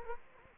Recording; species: mosquito wingbeat signal from an infrared sensor; Culex quinquefasciatus